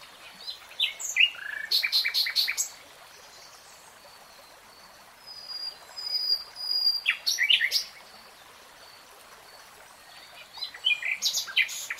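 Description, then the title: Nightingale singing in separate phrases with pauses between them: quick chirpy clusters, a thin high whistle, then more rapid notes. Nightingale singing in real time. "[Tiếng chim hót] 3 Hours REALTIME Nightingale Singing"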